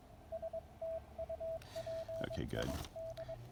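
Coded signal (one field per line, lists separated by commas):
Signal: Morse code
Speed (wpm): 21 wpm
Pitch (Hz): 660 Hz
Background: speech, radio noise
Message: STUPID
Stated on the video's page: POTA park activation in Morse, transmitted with a Discovery TX-500 transceiver into a Packtenna 9:1 antenna with a T1 tuner.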